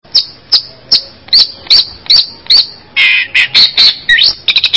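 Long-tailed shrike song: sharp high chips in a steady series, then harsher scratchy notes and quick mixed phrases near the end.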